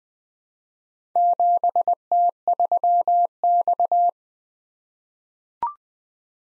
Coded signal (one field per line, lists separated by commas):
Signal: Morse code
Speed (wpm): 20 wpm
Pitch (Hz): 700 Hz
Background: none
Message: 7T3X